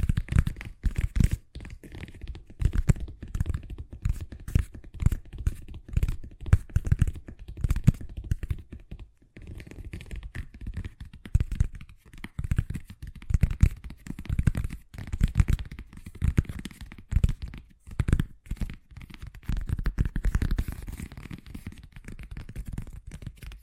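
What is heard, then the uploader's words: Fast tapping in rapid, uneven bursts, mostly dull low thuds with faint scratchy edges, easing briefly around nine seconds before resuming. ASMR Braingasm Inducing Fast Tapping (No Talking).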